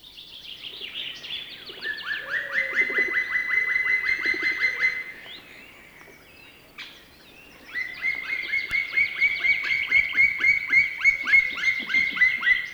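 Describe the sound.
Black woodpecker giving a long series of ringing, evenly spaced call notes, about four per second, in two bouts separated by a short pause, with faint background noise.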